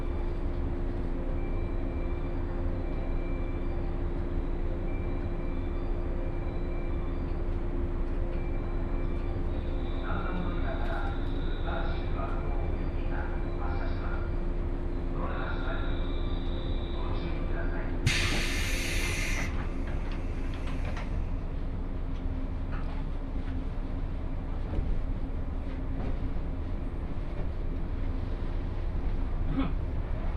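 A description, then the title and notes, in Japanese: Inside a local train, a steady low rumble and hum carry on throughout, with brief speech-like chimes and a bright hiss around eighteen seconds. 耳で楽しむ鉄道旅 赤穂線 岡山→西大寺。岡山からは赤穂線に乗車して西大寺に向かいます。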